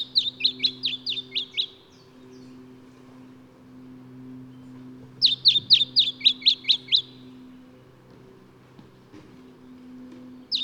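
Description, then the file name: Lemon-bellied flyrobin calling: two bursts of about eight sharp, high, downslurred notes in quick rapid series, and a third just starting at the end, with a steady low hum in the background. "Microeca Flavigaster"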